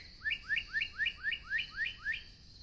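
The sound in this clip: Northern cardinal song: a run of eight quick upslurred whistled notes, evenly repeated about every quarter second, with a steady high hum in the background.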